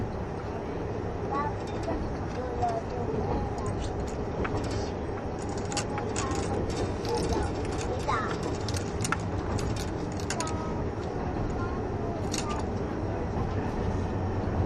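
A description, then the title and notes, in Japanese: A steady, dense rumble from the KiHa 71 series Yufuin no Mori No. 3 train holds an even level for the whole stretch. Sharp clicks and rattles crop up from about four to twelve seconds, with a faint murmur of voices underneath. キハ71系 ゆふいんの森03号02 日田～由布院。走行音(音の旅)。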